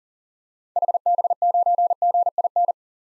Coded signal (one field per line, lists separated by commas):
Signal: Morse code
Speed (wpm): 37 wpm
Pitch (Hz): 700 Hz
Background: none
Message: HB9GIN